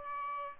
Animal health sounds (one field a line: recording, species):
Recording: mosquito wingbeat signal from an infrared sensor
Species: Aedes albopictus